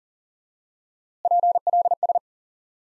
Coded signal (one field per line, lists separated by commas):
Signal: Morse code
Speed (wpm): 40 wpm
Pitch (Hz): 700 Hz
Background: none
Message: PLS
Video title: Course 3 - Lesson 51 - QRQ - Single Element Repeated